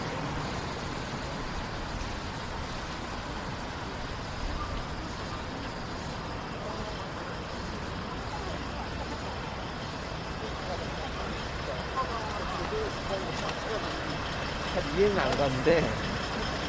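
A rainy night walk downtown, filled with a steady, dense wash of traffic and wet hiss that barely changes. Faint voices surface now and then beneath it. Near the end, around fifteen seconds, a brief high squeal and a few louder knocks stand out.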